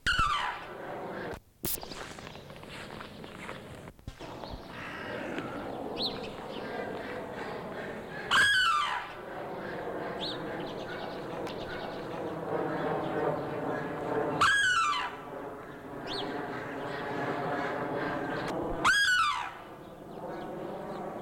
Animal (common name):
Sarus Crane